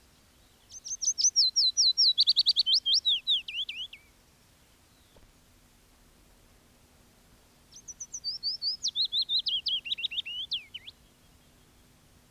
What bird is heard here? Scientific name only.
Phylloscopus trochilus